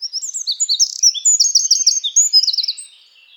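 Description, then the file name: Eurasian wren song, a fast, loud, high-pitched outpouring of sharp notes and rattling trills lasting nearly three seconds, then quiet. "Troglodytes troglodytes"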